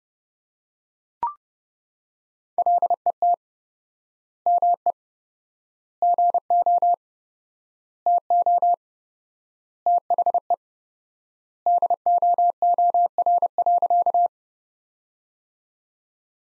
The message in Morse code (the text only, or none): LET ME GO TO THE DOOR.